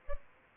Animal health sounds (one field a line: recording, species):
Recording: mosquito wingbeat signal from an infrared sensor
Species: Aedes albopictus